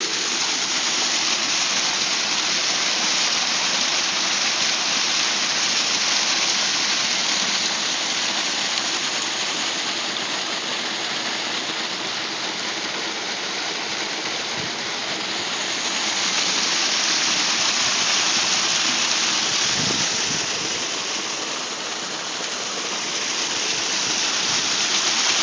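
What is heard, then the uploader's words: Water discharges in a steady, dense rush, a continuous hiss of falling and churning flow that fills the upper range with little change. The level swells slightly around sixteen and twenty-five seconds, and a faint low thump sounds near twenty seconds. Merritt Dam Seepage into Snake River via Relief Wells. Discharge into Snake River from series of relief wells draining seepage from Merritt Dam. Approximately 450 gpm (around 1 cfs) according to Ainsworth Irrigation District staff.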